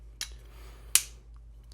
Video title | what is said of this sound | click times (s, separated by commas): Kauplus Allen Set For Rounded Heads | cool so it actually kind of locks into place nice | 0.9 s